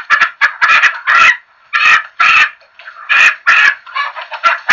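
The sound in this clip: Chicken clucks and cackles in short loud bursts in quick irregular succession, with brief gaps between groups.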